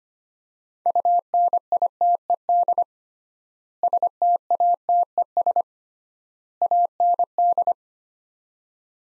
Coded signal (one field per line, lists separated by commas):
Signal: Morse code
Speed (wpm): 25 wpm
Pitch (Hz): 700 Hz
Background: none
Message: UNITED STATES AND